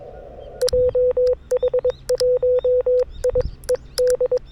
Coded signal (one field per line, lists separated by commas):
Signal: Morse code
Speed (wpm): 22 wpm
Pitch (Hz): 500 Hz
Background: radio noise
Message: JH1IED